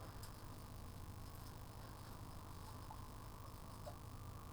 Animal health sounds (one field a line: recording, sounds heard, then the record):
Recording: poultry house recording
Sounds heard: healthy chickens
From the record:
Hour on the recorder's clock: 14